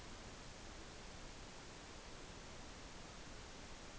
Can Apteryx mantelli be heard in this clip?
no